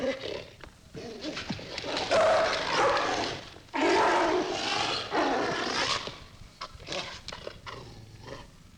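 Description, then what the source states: Dog snarling in a few intense bursts in the middle, with quieter growls at the start and end. Dog snarling and attacking.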